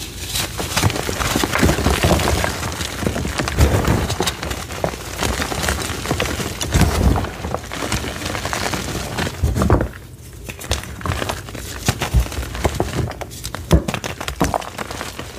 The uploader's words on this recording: Baby Oil Gym Chalk Crushing Compilation.